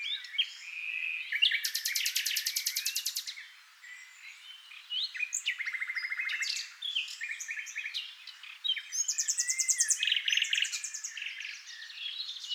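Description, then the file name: Common nightingale song with long machine-gun trills of rapid repeated notes, interrupted by lower rattling bursts and varied chirping phrases. "NIGHTINGALE MIX"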